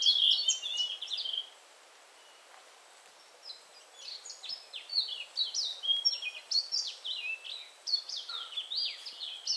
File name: sikatan bakung